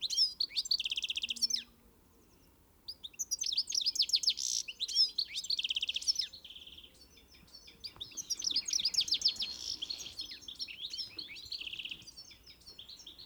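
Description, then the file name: European goldfinch song in three separate bursts of bright, tinkling twitters with buzzy trills, silent gaps between phrases. "Carduelis carduelis"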